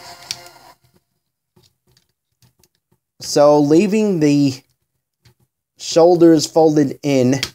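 A plastic part of a transforming combiner toy is pushed into the toy body until it clicks into place with a sharp click at 0.3 s. Soft handling taps follow, and then someone talks.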